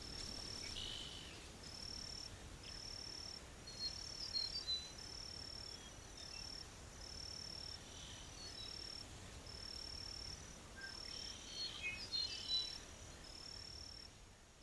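A grassland soundscape with insects trilling in repeated high pulses, several per second, running through the whole recording. Brief bird chirps break in now and then, notably around two, four and twelve seconds, over a soft, steady low rumble.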